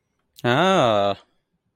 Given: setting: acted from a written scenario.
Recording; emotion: vocal sound without words; interest